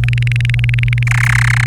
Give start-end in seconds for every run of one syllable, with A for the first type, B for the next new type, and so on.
0.03-1.03 A, 1.07-1.64 B